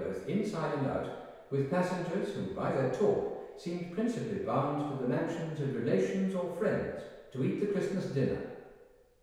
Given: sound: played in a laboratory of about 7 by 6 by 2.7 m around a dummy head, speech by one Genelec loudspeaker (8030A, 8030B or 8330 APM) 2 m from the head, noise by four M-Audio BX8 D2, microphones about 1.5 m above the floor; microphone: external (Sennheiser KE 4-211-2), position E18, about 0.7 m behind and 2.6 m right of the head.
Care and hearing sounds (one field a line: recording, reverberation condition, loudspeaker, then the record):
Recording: male speech in English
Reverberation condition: high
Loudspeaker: 120 degrees to the left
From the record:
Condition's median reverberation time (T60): about 1300 ms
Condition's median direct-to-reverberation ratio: about -4.0 dB